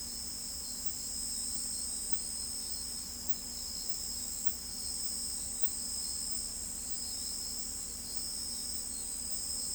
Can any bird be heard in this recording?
no